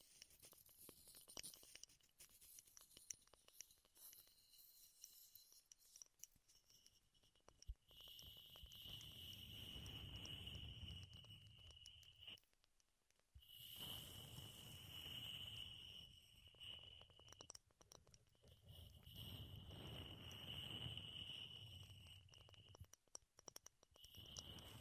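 Wooden trigger sounds: for the first eight seconds, scattered light taps and clicks. Then come three dense stretches of rubbing and scratching with a low rumble and a thin, steady high whine, split by brief near-silent breaks around 13 and 18 seconds.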